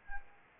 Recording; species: mosquito wingbeat signal from an infrared sensor; Anopheles arabiensis